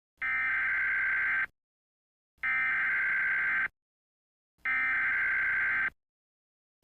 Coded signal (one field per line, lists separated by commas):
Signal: Emergency Alert System (SAME) tones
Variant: header bursts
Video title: (EAS) Bunzo's Great Escape